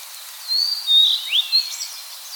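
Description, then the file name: Blue-and-white flycatcher giving a single short phrase of high, thin whistles with a sharp rising slur. Recorded on 2 May 2017 at 05:28. "Cyanoptila cyanomelana"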